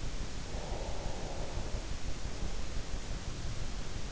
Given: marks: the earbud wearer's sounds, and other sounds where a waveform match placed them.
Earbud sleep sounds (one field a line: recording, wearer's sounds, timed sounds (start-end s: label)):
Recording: sounds in sleep by an in-ear microphone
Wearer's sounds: breath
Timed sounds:
0.26-3.33 s: breath